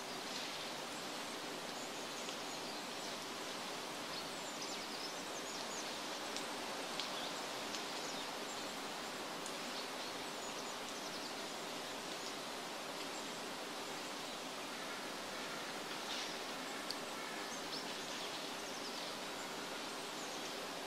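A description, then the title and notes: Forest ambience with a steady, dense hiss that stays even for the whole stretch, much like rushing water or wind through leaves. Faint low hums run underneath, and a few small ticks and short bright chirps surface now and then, around seven and seventeen seconds. Forest ambience.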